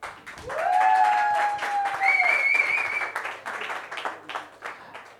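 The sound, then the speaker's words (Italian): A crowd at a comedy night breaks into steady, dense applause, with a couple of long, high whistles ringing out over the clapping before the noise gradually thins toward the end. “Facciamo un applausone!”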